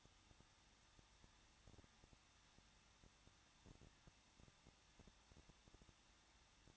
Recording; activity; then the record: daily activity, microphone in the room; no activity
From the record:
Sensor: 3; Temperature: 21.2 degrees Celsius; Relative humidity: 36.3%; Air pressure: 1006.3 hPa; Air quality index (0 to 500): 221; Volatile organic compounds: 40 ppm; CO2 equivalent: 3153 ppm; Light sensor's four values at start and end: 2/3/2/2 and 2/3/2/2